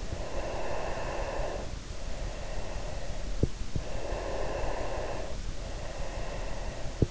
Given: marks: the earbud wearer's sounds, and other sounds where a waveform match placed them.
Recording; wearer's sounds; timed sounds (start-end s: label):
sounds in sleep by an in-ear microphone; breath
0.16-3.54 s: breath
4.19-7.11 s: breath